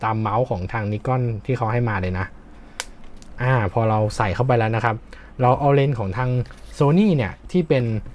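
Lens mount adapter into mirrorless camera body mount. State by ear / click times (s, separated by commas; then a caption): seated / 2.8 s. A thin Megadap ETZ21 Pro Sony E to Nikon Z lens mount adapter is lined up by its red dot, placed onto the mirrorless camera's Nikon Z mount and twisted until it locks. Someone talks throughout, and a sharp click at 2.8 s marks the adapter seating locked on the mount.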